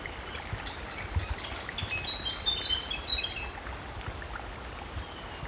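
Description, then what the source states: Dimorphic fantail giving a quick series of thin, high, squeaky notes over about two seconds, faint against a low background rumble. Papua New Guinea.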